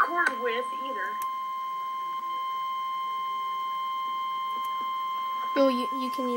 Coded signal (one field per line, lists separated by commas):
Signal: Emergency Alert System (SAME) tones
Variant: 1050 Hz attention tone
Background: speech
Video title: REAL EAS 368-Tornado warning